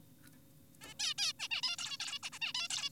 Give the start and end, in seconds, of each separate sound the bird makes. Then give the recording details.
0.82-0.94, 1.00-1.14, 1.18-1.33, 1.39-1.48, 1.51-1.61, 1.63-1.76, 1.78-1.98, 2.00-2.19, 2.23-2.30, 2.32-2.39, 2.42-2.53, 2.55-2.68, 2.70-2.90. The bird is an adult. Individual g4p5U